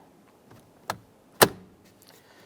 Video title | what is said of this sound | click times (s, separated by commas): How to Replace Turn Signal Wiper Switch Lever 2005-2010 Chrysler 300 | here we go we have that snapped into place | 0.9 s, 1.4 s